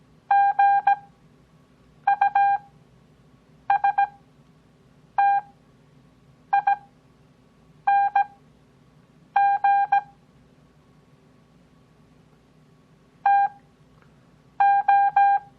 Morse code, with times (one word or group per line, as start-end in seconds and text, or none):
0.3-10.0 GUSTING
13.3-15.4 TO